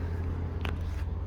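A third-row headrest on a 2013 Mitsubishi Pajero GLX-R is pushed down into its guide holes in the seat back. A single short, sharp click is heard at 0.6 s as it seats, over a steady low hum. The headrest goes in and is seated.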